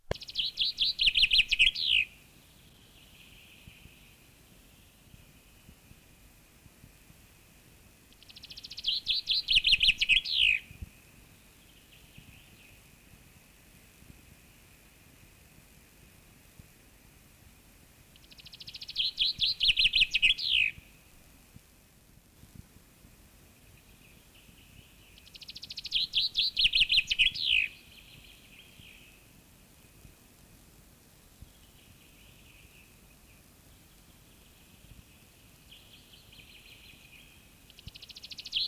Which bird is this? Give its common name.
Common Chaffinch